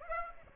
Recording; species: mosquito wingbeat signal from an infrared sensor; Aedes aegypti